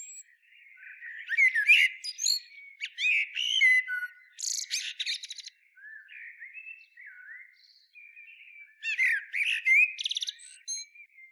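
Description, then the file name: Common blackbird song: mellow warbled phrases followed by squeaky high twittering flourishes, two bursts separated by a quieter stretch of softer warbling. "Turdus merula"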